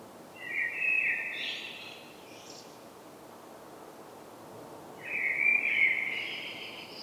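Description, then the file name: Common blackbird song: a fluted warbling phrase with a high squeaky ending, a long pause, then a second similar phrase closing in thin high notes. "Turdus merula"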